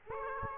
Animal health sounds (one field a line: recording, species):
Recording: mosquito wingbeat signal from an infrared sensor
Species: Aedes aegypti